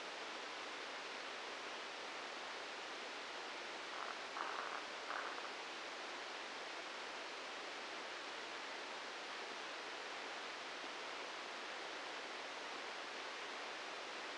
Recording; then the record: brain microelectrode recording played as sound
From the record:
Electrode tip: outside the subthalamic nucleus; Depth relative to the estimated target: 3 mm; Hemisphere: right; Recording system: NeuroSet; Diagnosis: Parkinson's disease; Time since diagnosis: 10 years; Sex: male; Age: 56 years